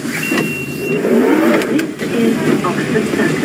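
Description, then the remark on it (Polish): Steady rumble of car engines on the busiest street in Europe, with vehicles revving and passing under a continuous wash of traffic noise and a few overlapping voices. “Najbardziej ruchliwa ulica Europy to jeden z gorących punktów.”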